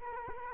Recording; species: mosquito wingbeat signal from an infrared sensor; Culex quinquefasciatus